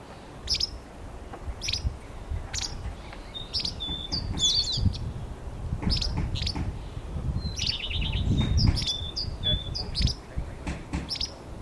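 Bird calls: high chirps and thin whistles over a persistent low rumble.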